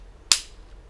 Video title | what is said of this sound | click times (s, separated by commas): Le détecteur de métaux ACTION, JE TESTE ! | Ça se clipse là-dedans. | 0.3 s